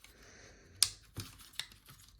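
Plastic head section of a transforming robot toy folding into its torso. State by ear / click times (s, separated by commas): seated / 0.8 s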